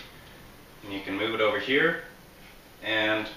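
A food processor bowl is handled and moved over onto its motor base while someone talks. Nothing has seated or clicked yet in this clip.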